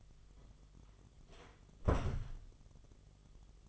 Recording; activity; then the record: daily activity, microphone in the room; close door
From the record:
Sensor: 4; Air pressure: 1005.8 hPa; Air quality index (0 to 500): 93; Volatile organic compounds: 2 ppm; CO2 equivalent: 1148 ppm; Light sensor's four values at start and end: 13/29/11/11 and 13/30/12/11